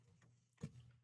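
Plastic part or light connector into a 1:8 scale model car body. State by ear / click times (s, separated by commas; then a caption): not seated / none. A plastic part or the lights' connector is handled while being fitted into the body of a 1:8 scale Ford GT model car. A soft burst of handling noise around 0.6 s stands out over a low steady hum. Nothing has seated or clicked yet.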